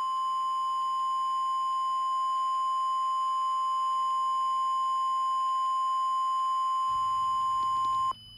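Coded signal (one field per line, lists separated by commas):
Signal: Emergency Alert System (SAME) tones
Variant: 1050 Hz attention tone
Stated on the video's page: Simulated Los Angeles flash flood warning, not a real alert, with text-to-speech voice.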